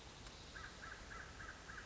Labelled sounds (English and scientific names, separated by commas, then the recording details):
American Crow (Corvus brachyrhynchos)
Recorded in Sonoma County, California